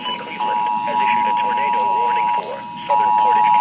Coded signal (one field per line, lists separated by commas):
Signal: Emergency Alert System (SAME) tones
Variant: 853 and 960 Hz attention tone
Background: speech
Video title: Tornado Warning (EAS #86)-NOAA